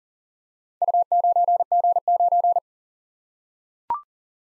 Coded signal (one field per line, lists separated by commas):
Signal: Morse code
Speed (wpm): 40 wpm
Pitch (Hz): 700 Hz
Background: none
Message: U9G9